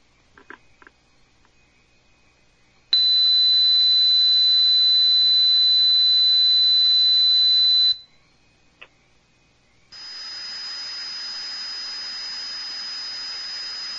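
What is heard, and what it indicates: Simulated tinnitus: a steady, piercing high whistle over a loud hiss and low hum lasts about five seconds. After a short silence, a second hissing tone with a slightly higher ring continues to the end, imitating the range of identified frequencies and waveforms that people with tinnitus live with.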